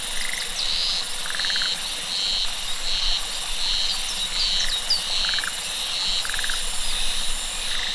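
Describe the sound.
Cicada: high buzzing in rhythmic bursts about once a second, with brief lower pulsed trills and scattered thin chirps.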